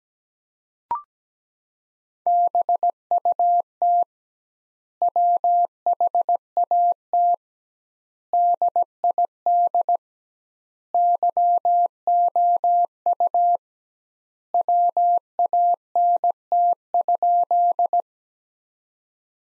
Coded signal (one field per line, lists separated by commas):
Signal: Morse code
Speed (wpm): 17 wpm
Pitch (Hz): 700 Hz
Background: none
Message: BUT WHAT DID YOU WANT?